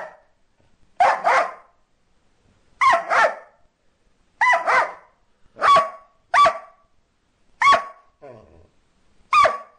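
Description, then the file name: Dog barking, sharp harsh barks, some in doubled bursts, repeated every second or two, with a softer sound near the end; otherwise quiet. "Cachorro"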